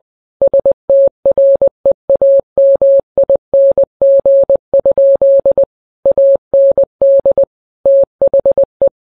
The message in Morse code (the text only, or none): STREAMING? AND THE